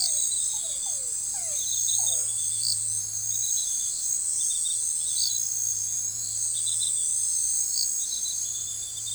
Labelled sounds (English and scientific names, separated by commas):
none